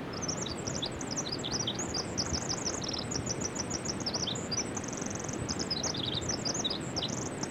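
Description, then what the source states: Western winter wren song, a very high, jumbled cascade of rapid twittering notes and short buzzy trills, delivered continuously over steady low background noise. Western winter wren; looks the same as the eastern form but sings a different tune.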